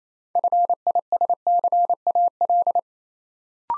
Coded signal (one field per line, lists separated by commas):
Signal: Morse code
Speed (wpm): 27 wpm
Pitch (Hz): 700 Hz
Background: none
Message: FISCAL